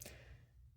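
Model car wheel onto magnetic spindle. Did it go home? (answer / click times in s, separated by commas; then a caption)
yes / 0.0 s. A scale model car wheel for an MPC 1966 Dodge Monaco 500, drilled out and fitted with a magnet, is put onto a kit spindle that also carries a magnet. A short, sharp snap is heard at 0.0 s, followed by a low hum, and the wheel is seated in place.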